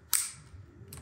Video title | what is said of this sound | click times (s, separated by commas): Vhedia TPMS App Overview, Setup & Install | plugs in like so obviously clicks onto where a little clip that is you'll hear it Go click | 0.2 s